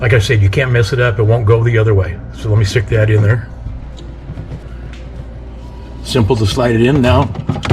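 Someone talks while a plastic water filter cartridge is inserted and slid into the filter housing of a Frigidaire refrigerator. In the quieter middle stretch, brief soft sounds come at about 4.0 s and 4.9 s as it slides in. The cartridge is not yet pushed home, and nothing has clicked or locked yet.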